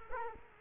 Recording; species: mosquito wingbeat signal from an infrared sensor; Culex quinquefasciatus